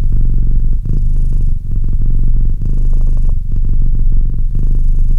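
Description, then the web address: Domestic cat purring, a low buzzy rumble pulsing in breath cycles, with small dips between them. "Cat Purr 201308 Cat purr"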